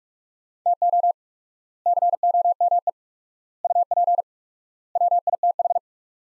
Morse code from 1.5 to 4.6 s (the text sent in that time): COME UP